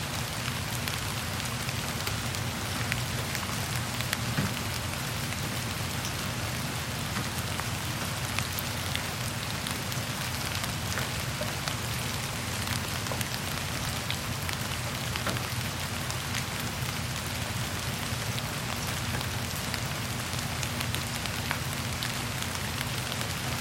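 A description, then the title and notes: Heavy rain pours steadily onto a tin roof, a dense, unbroken hiss with countless sharp drops tapping. The downpour holds an even intensity throughout, and a low, constant rumble sits underneath it. Heavy Rain & Ruinous Thunder Sounds on Desolate Tin Roof in Forest at Night.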